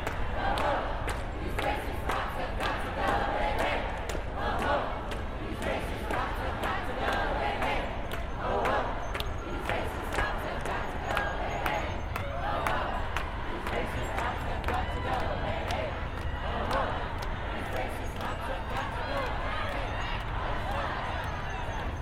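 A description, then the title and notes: A Black Lives Matter march in Seattle: a dense, steady crowd murmur of many overlapping voices, with frequent sharp clicks and occasional shouts throughout. Black Lives Matter march, Seattle. Reverb near Convention Center. This first recording was taken near the Washington State Convention Center. The strongest, most present voices seem to come from women.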